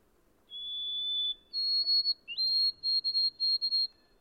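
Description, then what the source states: White-throated Sparrow singing a clear whistled song: a long steady note, a higher held note, then a short series of broken, quavering notes on about the same high pitch. Song described as delicate, plaintive, a thin, wavering, tremulous whistle that ends when it seems only to have begun.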